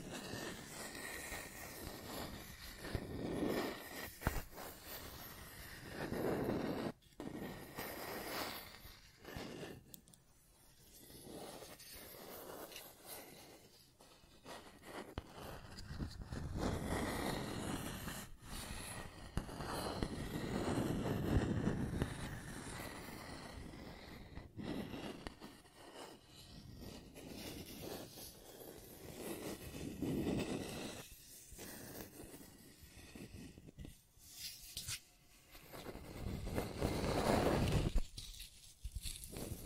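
Scratching and tracing sounds come in uneven bursts of rough, gritty rubbing, some short strokes and some longer drags, with brief pauses between. The scraping is full and grainy, loudest around the middle and near the end, over a faint steady hum.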